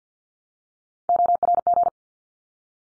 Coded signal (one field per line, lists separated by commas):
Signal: Morse code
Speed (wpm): 50 wpm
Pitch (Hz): 700 Hz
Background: none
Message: ORG